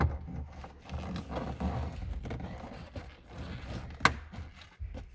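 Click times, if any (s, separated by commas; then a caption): 4.1 s. The brake light bulb socket of a 2009–2011 Honda Fit, holding a new brake bulb that has already been tested and works, is pushed back into the tail light housing and twisted until it locks. Low handling rustles and soft thumps near 0.0 s and 1.2 s lead up to a single sharp click at 4.1 s. The click marks the socket seating in the housing.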